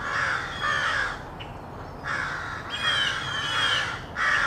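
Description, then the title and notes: Crow caws, harsh grating calls in uneven bursts with a short lull, over low background noise. Rowdy crows cawing loudly in treetops in an urban park just after sunrise, with morning traffic; made while out with a camera. "Field Recording: The Wild and Raucous Sounds of Crows Cawing in the Treetops. a field recording of rowdy crows loudly cawing in the treetops amidst the sounds of other birds -- and since this was recorded in an urban park -- also you may hear the sounds of morning traffic"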